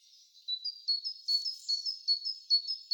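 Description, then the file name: Great tit singing a quick series of sharp, high two-note phrases, the rhythm steady and louder after a softer opening. "Parus major"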